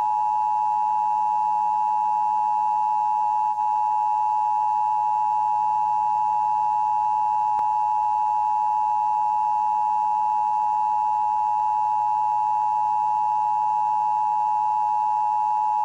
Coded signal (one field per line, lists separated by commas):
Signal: Emergency Alert System (SAME) tones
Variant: 853 and 960 Hz attention tone